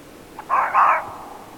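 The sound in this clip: Fox giving a harsh, hoarse call in two joined bursts lasting about half a second, with quiet background otherwise.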